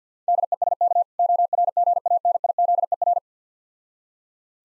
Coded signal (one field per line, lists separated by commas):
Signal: Morse code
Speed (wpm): 50 wpm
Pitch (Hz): 700 Hz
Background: none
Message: DESK ORGANIZER